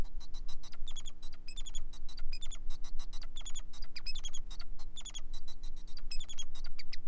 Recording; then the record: song of a male Bengalese finch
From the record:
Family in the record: son of father 4